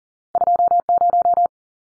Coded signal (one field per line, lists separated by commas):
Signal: Morse code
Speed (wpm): 40 wpm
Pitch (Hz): 700 Hz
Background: none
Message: 20